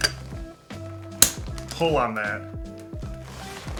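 A locking tab on a softbox rod at the central hub is pulled to release the rod so it can collapse, giving a sharp, loud click at 1.2 s. Someone talks over background music. The rod lock tab is released.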